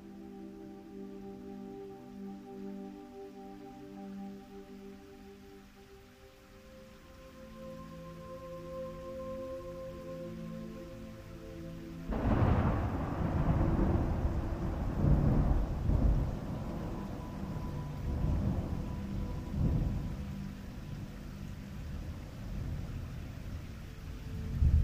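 Soft sustained music hums over light rain, then around twelve seconds a loud, deep thunder roll breaks in and rumbles on.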